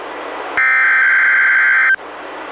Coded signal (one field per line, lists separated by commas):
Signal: Emergency Alert System (SAME) tones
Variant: header bursts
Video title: EAS #70-71: 2 NWR Required Weekly Tests- Aug. 19-26, 2015